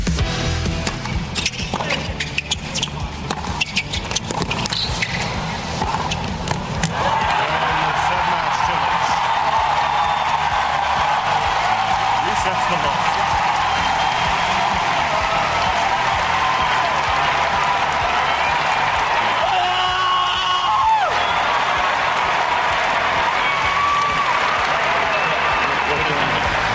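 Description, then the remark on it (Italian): A stadium crowd in New York erupts into loud, sustained cheering and applause after Croatian tennis player Cilic's shout of victory on winning 6-3, 6-3, 6-3, the roar holding steady for about twenty seconds. “Triplo 6-3 nella notte e il croato Cilic può urlare, come avete sentito, al cielo di New York.”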